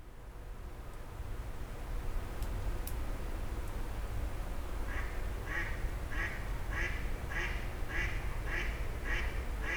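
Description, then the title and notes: Grey heron calls beginning midway, a steady series of short harsh notes about two per second, with low traffic noise throughout. Several grey herons exchanging calls at 04:00 as traffic gradually resumes, Fenouillet, France. "44 Rue des Gourgues, 31150 Fenouillet, France - 04h00-Dialogue de Hérons cendrés. 04h00-Alors que la circulation reprend peu à peu, des hérons cendrés se font des politesses"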